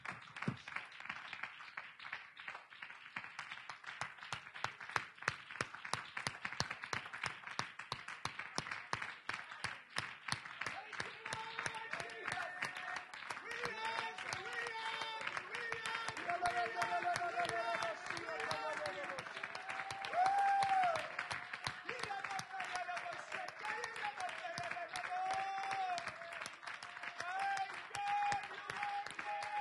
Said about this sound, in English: Let's give the Lord one more hand clap of praise.